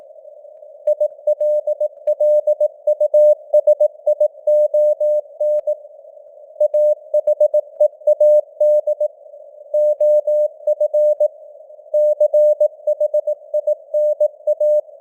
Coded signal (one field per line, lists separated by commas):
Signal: Morse code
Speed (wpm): 18 wpm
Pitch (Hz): 600 Hz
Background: none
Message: ILLUSION AHEAD OF CHINA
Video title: Morse Code News | 2025-11-01 | 18wpm